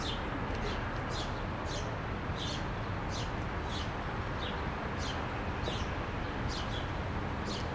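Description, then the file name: Birds chirping, brief high descending notes repeated at irregular short intervals, against constant low traffic hum. Calm city square with distant traffic, Marseille, France. "city square calm distant traffic birds Marseille France MSwa"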